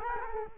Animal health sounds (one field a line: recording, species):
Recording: mosquito wingbeat signal from an infrared sensor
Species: Culex quinquefasciatus